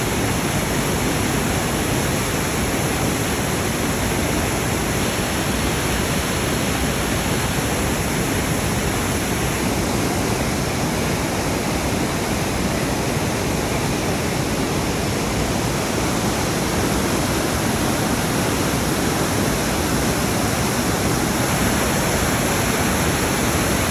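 Cascading water roars steadily and densely, a full rush spanning low rumble to bright hiss, unchanging throughout with no distinct events.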